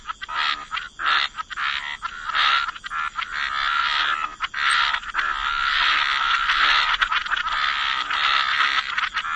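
Frogs calling in a thick, nearly continuous grating chorus with a few separate croaks early on and a steady high tone underneath.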